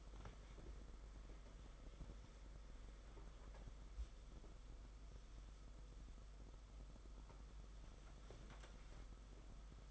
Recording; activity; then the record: daily activity, microphone in the room; wipe stove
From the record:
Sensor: 5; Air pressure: 991.7 hPa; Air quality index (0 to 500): 128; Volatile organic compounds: 63 ppm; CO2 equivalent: 3449 ppm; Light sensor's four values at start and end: 33/98/38/41 and 36/110/42/45